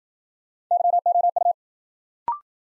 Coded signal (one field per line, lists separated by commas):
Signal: Morse code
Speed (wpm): 53 wpm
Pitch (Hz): 700 Hz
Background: none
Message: YOU